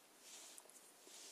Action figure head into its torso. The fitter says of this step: push the head down until it clicks in